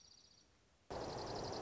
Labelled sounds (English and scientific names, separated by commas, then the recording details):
Dark-eyed Junco (Junco hyemalis)
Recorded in Sonoma County, California